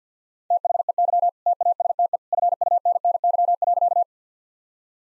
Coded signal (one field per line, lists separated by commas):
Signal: Morse code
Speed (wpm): 50 wpm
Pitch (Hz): 700 Hz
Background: none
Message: THEY TASTE FUNNY.